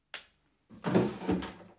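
A nightstand drawer is pulled open: a short wooden click, a brief pause, then a longer scraping slide that swells twice before trailing off. No voices are heard.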